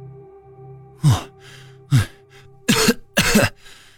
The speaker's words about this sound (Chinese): 江瑶面色惨白地咳嗽着